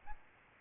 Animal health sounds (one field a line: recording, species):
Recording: mosquito wingbeat signal from an infrared sensor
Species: Aedes albopictus